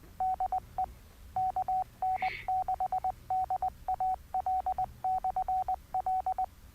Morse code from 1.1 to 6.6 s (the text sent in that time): KN6DAL/L